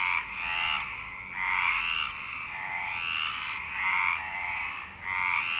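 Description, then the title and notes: Frogs croaking in a dense overlapping chorus, rasping pulsed calls swelling and fading roughly every second with no pause. Frogs in Parc Longchamp, Marseille, Provence-Alpes-Côte d'Azur, France, 26 March 2011 at 19:35, recorded with a MixPre-6 and Basic UCHO. "Marseille, Provence-Alpes-Côte d'Azur, France - 26_03_11_19_35 Longchamps_004 grenouilles. Grenouilles au parc de Longchamp MIXPRE 6 + BASIC UCHO"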